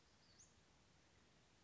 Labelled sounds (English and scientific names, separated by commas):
Western Flycatcher (Empidonax difficilis)